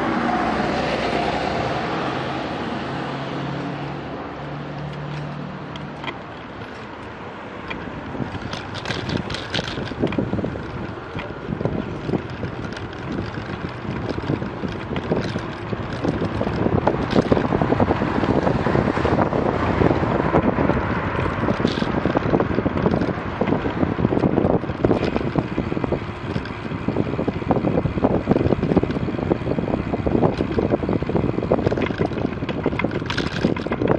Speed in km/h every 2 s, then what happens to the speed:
0, 9, 12, 18, 21, 23, 24, 25, 25, 26, 27, 27, 26, 25, 24, 24, 26.
0-11 pulls away to 24. 11-34 steady at about 25.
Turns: none.